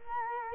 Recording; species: mosquito wingbeat signal from an infrared sensor; Culex quinquefasciatus